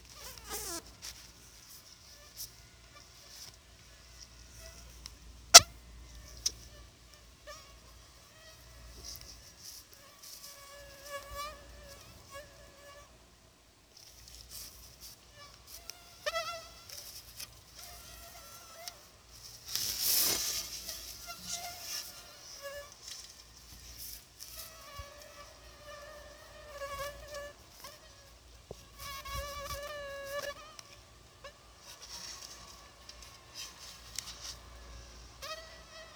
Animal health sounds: mosquito flight sound by mobile phone; Anopheles arabiensis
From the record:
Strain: Dongola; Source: CDC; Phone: Sony Xperia

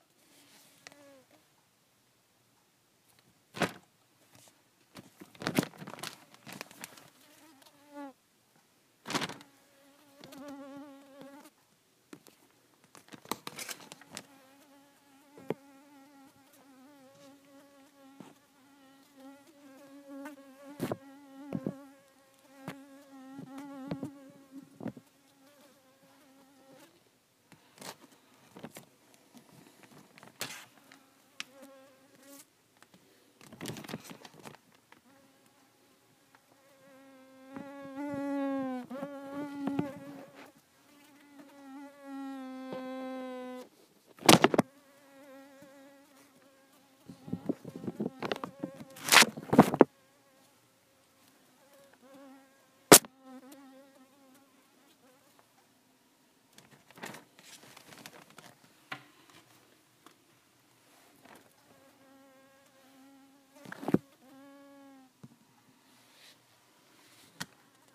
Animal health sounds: mosquito flight sound by mobile phone; Culiseta incidens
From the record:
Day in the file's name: 4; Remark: blood-fed

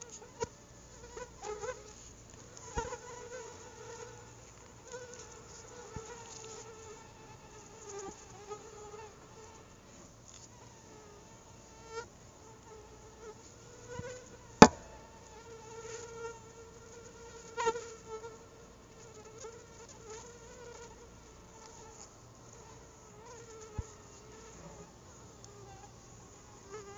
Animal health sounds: mosquito flight sound by mobile phone; Anopheles quadriannulatus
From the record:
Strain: SANQUA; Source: CDC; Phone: Google Nexus

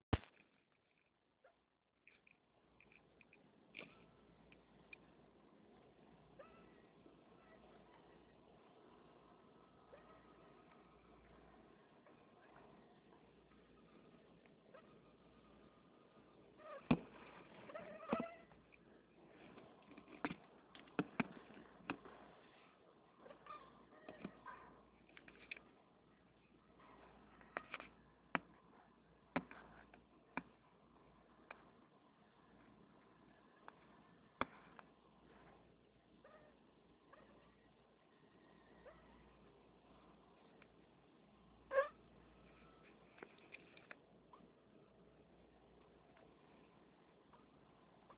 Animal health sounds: mosquito flight sound by mobile phone; Anopheles stephensi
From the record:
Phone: Nokia 6555B

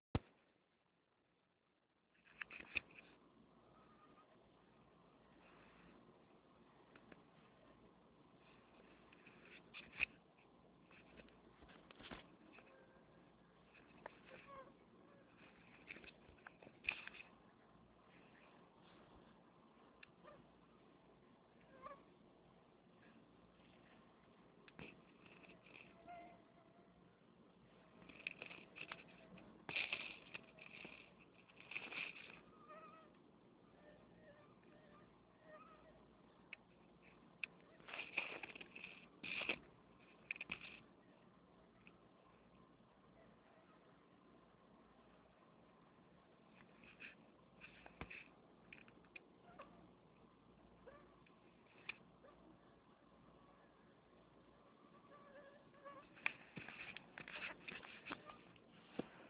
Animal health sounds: mosquito flight sound by mobile phone; Anopheles farauti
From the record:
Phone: Nokia 6555B

